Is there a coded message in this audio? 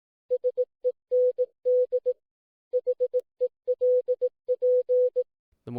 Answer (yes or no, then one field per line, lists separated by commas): yes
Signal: Morse code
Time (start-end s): 0.3-5.2 s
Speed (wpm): 18 wpm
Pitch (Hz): 500 Hz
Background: music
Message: SEND HELP